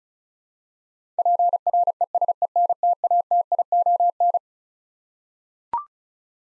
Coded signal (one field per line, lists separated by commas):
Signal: Morse code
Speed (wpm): 36 wpm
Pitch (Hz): 700 Hz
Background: none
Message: PRESENTATION